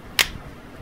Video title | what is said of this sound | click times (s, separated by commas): 9xr pro teardown and Bluetooth adapter 3d printed for direct fit and finish 708 | uh snaps right in place of the | 0.2 s